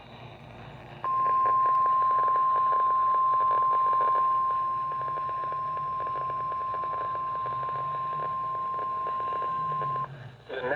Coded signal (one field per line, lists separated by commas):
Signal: Emergency Alert System (SAME) tones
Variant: 1050 Hz attention tone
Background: speech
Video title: Special Marine Warning on KEC-60 (EAS #82)